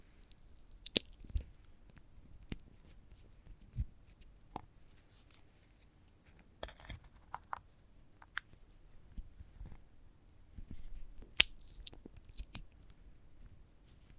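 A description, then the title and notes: A sunflower head being handled, with sharp clicks, snips and crisp rustles scattered over a quiet background. The sounds come irregularly, a few each second, some bright and brittle. Around eleven to twelve seconds the scratching and crackling thickens into a denser, louder stretch. ASMR of a Sunflower Head (No Talking).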